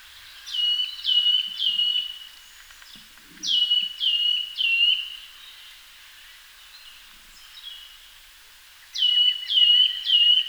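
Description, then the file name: Eurasian nuthatch giving clear, high calls with a falling start, in quick groups of three notes separated by pauses, over a quiet background. "Sitta europaea"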